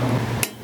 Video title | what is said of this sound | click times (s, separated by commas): CUCV M1008 Project Part 6 - I Got The SHAFT On This M1008 CUCV! | there it goes see that nice little click now i can see that's punched in | 0.4 s